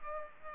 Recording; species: mosquito wingbeat signal from an infrared sensor; Culex pipiens